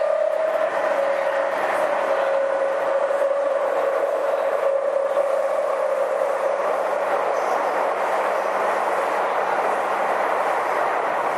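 Interior ride sound of a Tokyu 5050 series train on the Toyoko and Minatomirai lines. A steady, dense rumble fills the whole clip, with a sustained mid-pitched whine that dips slightly over the first few seconds, then holds. The level stays constant throughout.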